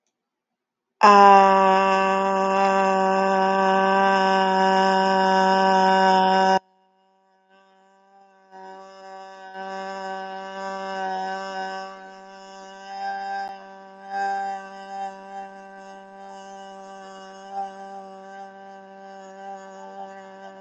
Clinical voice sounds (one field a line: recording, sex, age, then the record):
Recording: vowel held as long as possible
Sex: female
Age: 30 to 39 years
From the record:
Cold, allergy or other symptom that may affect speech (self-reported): no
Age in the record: 37 years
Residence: Virginia, United States